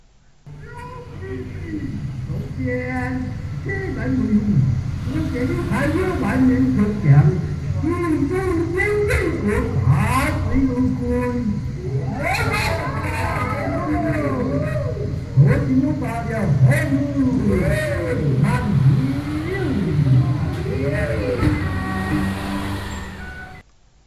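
A busy temple fair, with a steady, dense din of voices and rising-falling tones, punctuated by sharp bright clashes and drum hits throughout.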